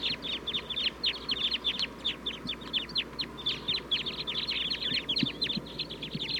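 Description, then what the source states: Red Crossbill calls: a steady stream of short, sharp downslurred chips from many birds, overlapping continuously across the whole stretch. Sitkensis-type birds, wild, calling from a flock in the trees; microphone mainly pointed at the flock in the tree.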